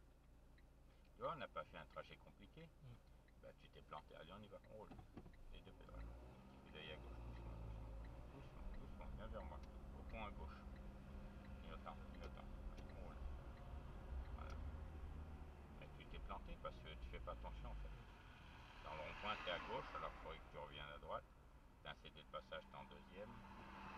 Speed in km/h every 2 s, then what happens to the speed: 0, 0, 5, 17, 18, 18, 21, 18, 10, 8, 2, 1.
0-3 standing. 3-6 pulls away to 17. 6-12 steady at about 18. 12-21 slows to 1.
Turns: 7-14.